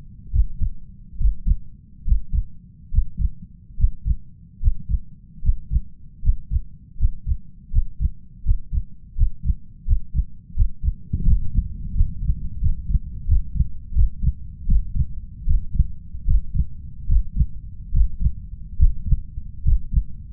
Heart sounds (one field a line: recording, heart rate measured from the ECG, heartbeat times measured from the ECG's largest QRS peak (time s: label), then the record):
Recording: heart sounds by stethoscope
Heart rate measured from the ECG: 78 bpm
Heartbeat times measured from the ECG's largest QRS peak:
0.31 s: heartbeat
1.18 s: heartbeat
2.04 s: heartbeat
2.91 s: heartbeat
3.76 s: heartbeat
4.60 s: heartbeat
5.41 s: heartbeat
6.21 s: heartbeat
6.97 s: heartbeat
7.70 s: heartbeat
8.43 s: heartbeat
9.15 s: heartbeat
9.85 s: heartbeat
10.54 s: heartbeat
11.25 s: heartbeat
11.93 s: heartbeat
12.59 s: heartbeat
13.26 s: heartbeat
13.93 s: heartbeat
14.66 s: heartbeat
15.45 s: heartbeat
16.25 s: heartbeat
17.07 s: heartbeat
17.91 s: heartbeat
18.77 s: heartbeat
19.63 s: heartbeat
From the record:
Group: healthy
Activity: breath hold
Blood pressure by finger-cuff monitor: 126/71 mmHg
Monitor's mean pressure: 88 mmHg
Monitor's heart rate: 76 bpm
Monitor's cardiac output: 6.5 L/min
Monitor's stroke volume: 79 mL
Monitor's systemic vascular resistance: 990 dyn s/cm5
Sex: male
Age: 21 years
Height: 180 cm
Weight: 67.5 kg